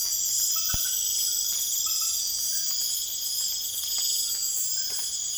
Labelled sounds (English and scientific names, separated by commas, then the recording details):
none
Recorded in secondary vegetation near Puerto Asís, Putumayo, Colombia, on 24 June 2025
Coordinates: 0.488, -76.319
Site G094